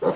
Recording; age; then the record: pig call; piglet (1 to 25 days)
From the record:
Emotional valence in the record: positive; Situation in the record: after nursing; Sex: male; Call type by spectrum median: low-frequency call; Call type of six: low-frequency tonal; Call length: 0.16 s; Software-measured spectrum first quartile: 407 Hz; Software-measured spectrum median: 520 Hz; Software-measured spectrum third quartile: 762 Hz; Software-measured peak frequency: 491 Hz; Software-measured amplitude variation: 135 dB a second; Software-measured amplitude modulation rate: 9.5 a second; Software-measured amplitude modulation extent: 14.2 dB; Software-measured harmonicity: 4.5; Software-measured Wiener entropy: -0.92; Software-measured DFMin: 844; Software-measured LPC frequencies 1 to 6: 506, 1071, 2891, 4065, 5312, 5986 Hz